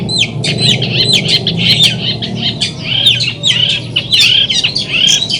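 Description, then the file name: Long-tailed shrike song made of repeated quick chirps and slurred whistled notes in tight bursts, with a steady low hum underneath. Song heard during a simulated songbird competition held at a gathering. "audio simulasi lomba cendet gathering. omkicau"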